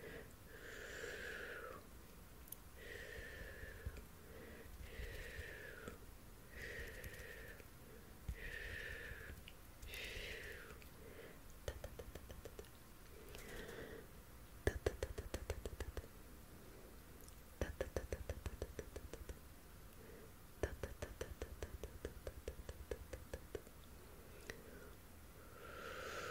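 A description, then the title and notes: Mouth sounds and hand movements. A regular series of short vocal sweeps, each falling in pitch, repeats about every second and a half through the first half. Later, sharp clicks and rapid rattling taps take over, some in quick bursts, with occasional mouth sounds between. ASMR PLUCKING NEGATIVE ENERGY, HAND MOVEMENTS AND MOUTH SOUNDS, PERSONAL ATTENTION, CAMERA TOUCHING.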